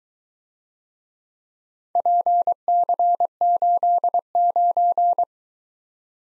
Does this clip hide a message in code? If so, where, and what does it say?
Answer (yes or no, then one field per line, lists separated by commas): yes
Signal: Morse code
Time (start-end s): 2.0-5.2 s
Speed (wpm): 22 wpm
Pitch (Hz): 700 Hz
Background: none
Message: PC89